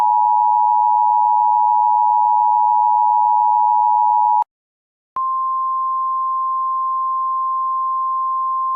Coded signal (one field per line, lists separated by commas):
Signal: Emergency Alert System (SAME) tones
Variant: 853 and 960 Hz attention tone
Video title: EAS Classic: YouTube WMG Warning (Originally from 2009)